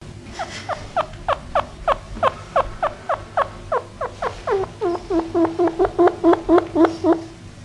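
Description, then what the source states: Chinchilla calls: a rapid run of short, squeaky, harmonic barks, about three or four each second, growing louder and quicker toward the end. Communication sounds.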